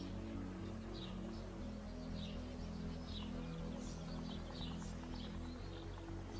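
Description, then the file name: Chiffchaff giving faint, high chirping notes repeated in a loose series against a continuous low humming background. "Canto do felosa comum"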